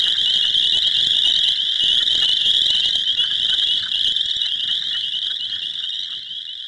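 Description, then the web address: Frog chorus of high, rapidly pulsed trilling notes, many callers overlapping into a steady buzzing wall of sound that fades slightly at the end. "sesphoto. Frogs"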